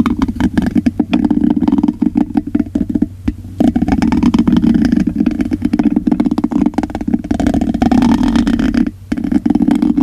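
Hand sounds and tapping: dense rubbing and scratching with a constant muffled low rumble beneath many quick, irregular taps and clicks. The texture stays busy throughout, easing only briefly a little after three seconds and again near nine.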